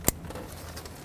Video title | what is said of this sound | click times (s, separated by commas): How to Replace Starter 2013-2020 Nissan Pathfinder | let's connect this wire back in make sure it clicks | 0.1 s